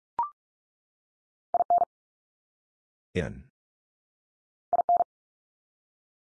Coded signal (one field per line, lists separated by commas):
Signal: Morse code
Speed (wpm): 44 wpm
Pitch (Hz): 700 Hz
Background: none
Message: IN IN